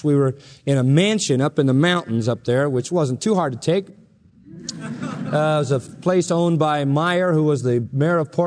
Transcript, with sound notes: we were in a mansion up in the mountains up there, which wasn't too hard to take. [Laughter] It was a placed owned by Meyer, who was the mayor of Portland.